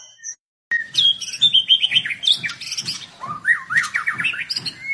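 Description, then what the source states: White-rumped shama song: a sustained high whistled phrase followed by quick rising and falling warbled notes, with a soft rhythmic low thumping underneath. White-rumped shama described as gacor, a bird in full, continuous song; meant to make birds respond.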